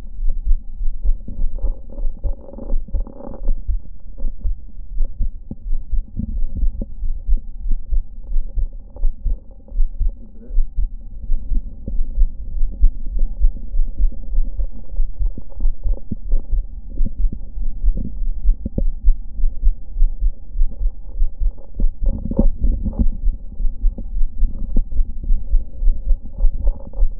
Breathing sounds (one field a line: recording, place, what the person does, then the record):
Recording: lung sounds by stethoscope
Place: left anterior apical chest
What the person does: quiet breathing, then deep breathing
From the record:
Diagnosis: none (healthy)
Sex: male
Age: 23 years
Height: 185 cm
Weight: 93 kg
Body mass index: 27.2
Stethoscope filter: diaphragm mode